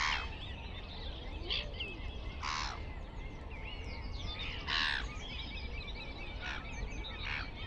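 Black-headed gull giving scratchy, strident calls at irregular intervals over a busy background of chatter and a steady low rumble.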